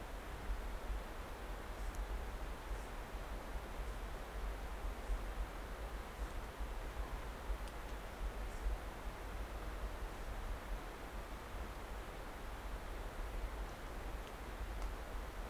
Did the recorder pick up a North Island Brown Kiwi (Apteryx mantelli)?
no